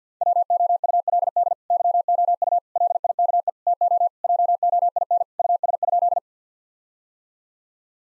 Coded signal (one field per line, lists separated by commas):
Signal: Morse code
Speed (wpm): 50 wpm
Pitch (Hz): 700 Hz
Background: none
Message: WOULD YOU LIKE TO JOIN US?